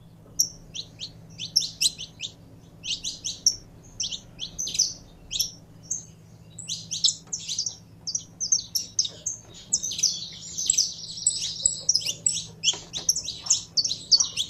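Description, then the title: Belgian canary singing varied high chirps and short twitters in quick sequences, then a dense buzzy warbling trill, over a constant low hum. Song of a purebred Belgian canary. "Canto Do Canário Belga Puro"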